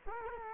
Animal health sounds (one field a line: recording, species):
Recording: mosquito wingbeat signal from an infrared sensor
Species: Culex quinquefasciatus